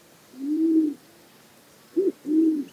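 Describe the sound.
Band-tailed Pigeon cooing: a long low hollow coo, a brief note, then another drawn-out low coo, over a quiet background.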